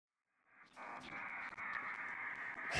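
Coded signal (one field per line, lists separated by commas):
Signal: HF data modem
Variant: PACTOR 4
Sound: dense, even hiss-like data rush in a band, starting abruptly and ending in noise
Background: radio static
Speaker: And I fast forward to the end. This is way faster than VA. But um yeah, Bakto 4 also have some problems because of the QRM.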